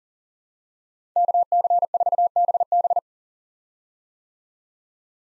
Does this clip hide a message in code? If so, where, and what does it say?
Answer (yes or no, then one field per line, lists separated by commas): yes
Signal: Morse code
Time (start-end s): 1.2-3.0 s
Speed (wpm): 40 wpm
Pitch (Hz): 700 Hz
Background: none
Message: KC4BB